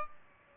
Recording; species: mosquito wingbeat signal from an infrared sensor; Aedes aegypti